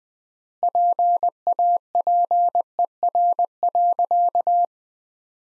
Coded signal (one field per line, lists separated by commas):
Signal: Morse code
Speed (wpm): 20 wpm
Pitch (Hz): 700 Hz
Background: none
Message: PAPER.